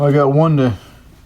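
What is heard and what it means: A small internal part is handled during assembly of a starter generator, with the part going into the starter generator housing. Someone talks for most of the clip, then it drops to near silence. Nothing has seated or clicked into place yet.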